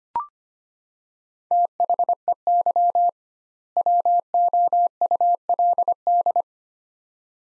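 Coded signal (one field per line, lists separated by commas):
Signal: Morse code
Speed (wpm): 25 wpm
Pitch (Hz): 700 Hz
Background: none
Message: THEY WOULD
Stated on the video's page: Morse practice: sets of two words at 25 wpm with 2x word spacing, similar to Farnsworth spacing.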